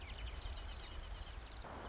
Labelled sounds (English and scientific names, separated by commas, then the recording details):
Marsh Wren (Cistothorus palustris)
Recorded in Sonoma County, California